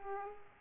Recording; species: mosquito wingbeat signal from an infrared sensor; Aedes aegypti